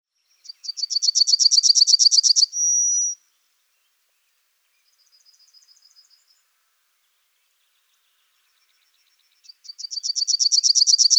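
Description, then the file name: Yellowhammer song: a rapid run of many high, buzzy repeated notes ending in a longer held note, then a faint chatter, with a second song starting near the end. "trznadel"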